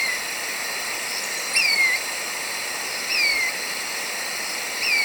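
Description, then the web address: Marañon spinetail repeating a clear, falling whistled note roughly every one and a half seconds, with a steady insect buzz behind. Recorded in Ecuador. "Natures Songs S America Birds of Ecuador Marañon Spinetail"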